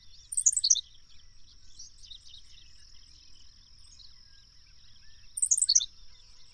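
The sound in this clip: Bird song: a short burst of very high, quick descending notes, repeated about five seconds later, with faint twittering and a steady high hiss between.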